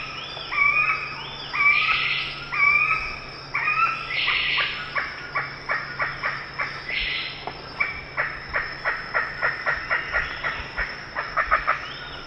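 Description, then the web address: Ivory-billed aracari calls: several rough squawks, then a rapid series of short sharp notes, over a constant low hum. Eastern lowlands of South America. "Natures Songs S America Eastern Lowlands. Pteroglossus azara, calls"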